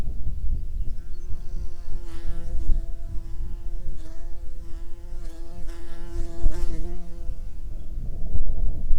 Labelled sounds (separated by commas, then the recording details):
wind, insects
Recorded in the Prudhoe Bay oil fields, Alaska, on 9 June 2019 at 16:47
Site 21